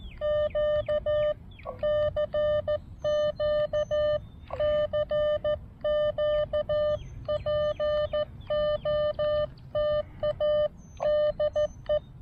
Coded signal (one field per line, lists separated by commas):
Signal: Morse code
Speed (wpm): 14 wpm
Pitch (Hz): 590 Hz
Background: none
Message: Q CQ CQ POTA DE